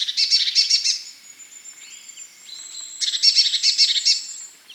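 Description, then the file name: Eurasian blue tit giving two harsh, buzzy churring bursts about three seconds apart, with thin high whistles and soft chirps between them. "Cyanistes caeruleus"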